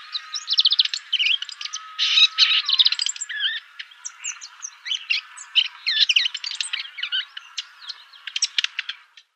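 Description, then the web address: Palestine sunbird song, a fast, jumbled stream of high twittering and trilled notes with quick slurred whistles, continuing almost without pause for nine seconds. "Schulze Peter Palestine Sunbird song"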